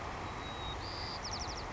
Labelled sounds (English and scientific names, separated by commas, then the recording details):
White-crowned Sparrow (Zonotrichia leucophrys)
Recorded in Sonoma County, California